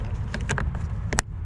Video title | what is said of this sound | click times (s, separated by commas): How to remove take off door panel Mazda 3 2013-2018 | Okay. It should click in. | 1.2 s